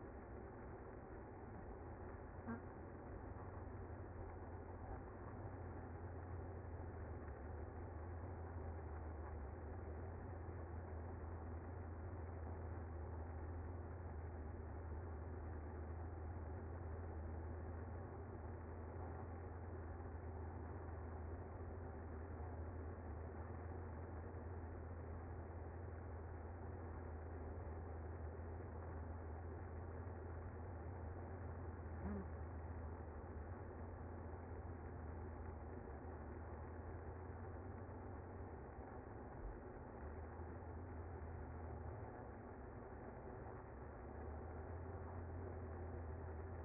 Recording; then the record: honeybee colony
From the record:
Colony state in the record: active